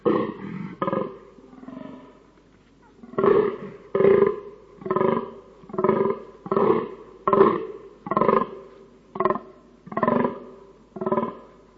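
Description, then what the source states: Fallow deer groaning, deep belching grunts repeated roughly once a second in a steady series, each short and harsh, with a brief pause early on before the run resumes. Fallow deer during the rut.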